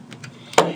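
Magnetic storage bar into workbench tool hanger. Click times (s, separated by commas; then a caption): 0.6 s. A 12-inch felt-covered magnetic storage bar is pushed onto the metal double motor hanger of a Foredom workbench system. A few faint taps come first, then a sharp, loud hit at 0.6 s as the bar locks into place on the hanger.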